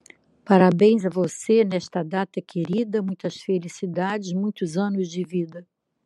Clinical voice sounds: short text; Brazilian Portuguese; female; 60 to 69 years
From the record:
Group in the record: control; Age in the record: 65 years

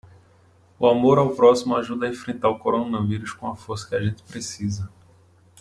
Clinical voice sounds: spoken sentence; Brazilian Portuguese; male; 30 to 39 years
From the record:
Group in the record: control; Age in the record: 32 years

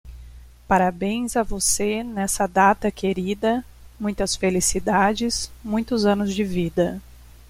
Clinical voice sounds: short text; Brazilian Portuguese; female; 40 to 49 years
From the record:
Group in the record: control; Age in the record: 42 years

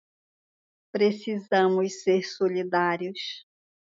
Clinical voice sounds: short text; Brazilian Portuguese; female; 50 to 59 years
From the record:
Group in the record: control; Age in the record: 58 years

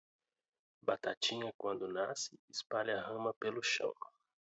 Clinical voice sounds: short text; Brazilian Portuguese; male; 30 to 39 years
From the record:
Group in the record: control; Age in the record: 31 years

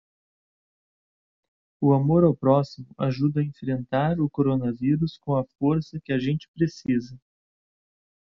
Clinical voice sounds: spoken sentence; Brazilian Portuguese; male; 40 to 49 years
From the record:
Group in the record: control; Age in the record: 42 years

